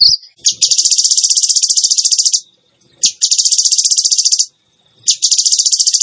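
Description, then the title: Bird song: three long bursts of very fast, rattling high notes, each one to two seconds long, with short silent gaps between them. Bird song in the tembakan gacor style, used as masteran (training for other birds). "Masteran Burung Tembakan Gacor"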